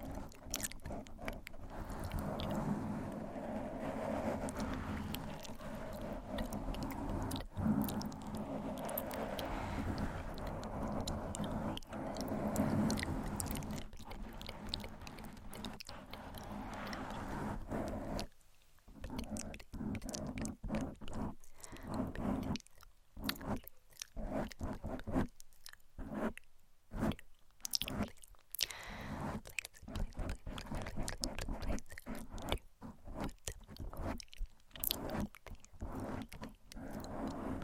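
Gentle scratching on a microphone, a soft, dense rustle that runs steadily for the first eighteen seconds. After that it turns choppy, breaking into short crackly bursts separated by brief silences, with quick scrapes recurring irregularly to the end.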